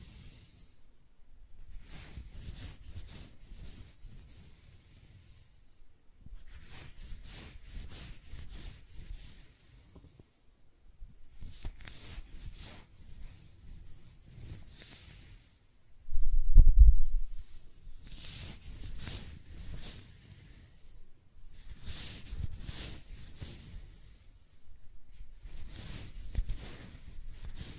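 Hair is scratched and stroked in repeated soft, rustling passes, each lasting a few seconds with brief pauses between. The strokes are airy and hissy with a faint low rumble underneath. Around sixteen seconds a single louder, thumping rub stands out before the gentle strokes resume.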